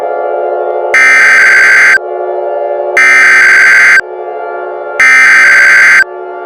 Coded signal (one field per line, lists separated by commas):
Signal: Emergency Alert System (SAME) tones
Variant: header bursts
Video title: Volcanic Rampage - An EAS Scenario